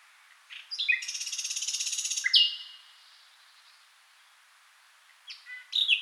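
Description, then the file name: Common nightingale song: a rapid buzzy rattle of repeated notes, then a long clear whistled tone, a pause, and a new burst of sharp chirps. "Nachtigall"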